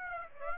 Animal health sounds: mosquito wingbeat signal from an infrared sensor; Aedes aegypti

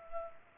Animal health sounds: mosquito wingbeat signal from an infrared sensor; Culex pipiens

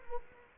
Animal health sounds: mosquito wingbeat signal from an infrared sensor; Culex quinquefasciatus

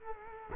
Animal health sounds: mosquito wingbeat signal from an infrared sensor; Culex quinquefasciatus

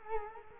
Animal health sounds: mosquito wingbeat signal from an infrared sensor; Culex quinquefasciatus

